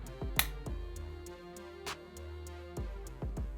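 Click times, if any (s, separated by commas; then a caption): 0.4 s. A plastic RJ45 plug on the broadband provider's ethernet cable is pushed into the Internet/WAN port of a TP-Link TL-MR6400 router over background music. One sharp, short click at 0.4 s stands well above the music and the softer ticks, and the plug is seated in the port.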